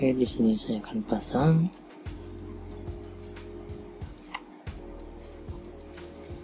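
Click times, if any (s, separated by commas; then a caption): none. An unidentified part is lined up and pushed toward its mating fitting, where it is meant to lock automatically. Someone talks for the first second and a half, then a steady low hum continues with faint handling ticks, including a sharp one at 4.3 seconds. Nothing has seated or clicked yet.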